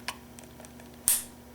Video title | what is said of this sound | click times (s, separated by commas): OEM 5 Pin Harness, by ABA now available for New 5 Pin connector freezer ice makers made by Whirlpool | Very simply, just push it in till it clicks. | 1.1 s